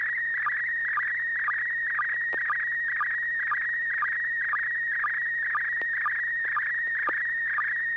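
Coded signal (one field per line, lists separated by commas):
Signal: SSTV (slow-scan television)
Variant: PD120 mode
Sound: warbling steady whine near 2 kHz with a short low chirp about twice a second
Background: low hum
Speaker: Bob uh are you ready well hopefully I am uh this should be PD 120 and 6 pgq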